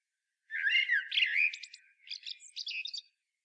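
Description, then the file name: Common blackbird singing one phrase: rich, looping fluted whistles followed by a quieter burst of high, scratchy twittering notes. "Turdus merula"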